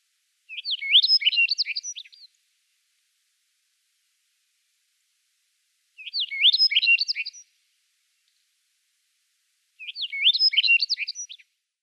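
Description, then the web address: Rustic Bunting singing short, sweet warbled phrases of quick high notes, each about one and a half to two seconds long, repeated three times with quiet gaps between. "Schulze Peter Rustic Bunting song"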